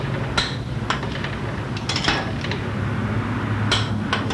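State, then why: Torque reached. A click-type torque wrench tightens the case nuts on a VW engine to final torque after the stretch, working across several fasteners. Sharp metallic clicks ring out at 0.4, 0.9, 1.9, 2.5 and 4.1 s over a steady low hum. Each click marks the wrench reaching its torque setting.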